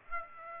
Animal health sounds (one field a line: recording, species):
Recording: mosquito wingbeat signal from an infrared sensor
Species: Aedes aegypti